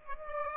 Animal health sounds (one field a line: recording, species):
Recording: mosquito wingbeat signal from an infrared sensor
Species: Aedes aegypti